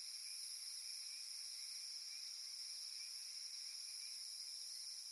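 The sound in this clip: Cicada producing a level, sizzling high drone with faint wavering in the lower band, sustained without a break, plus a couple of soft low taps.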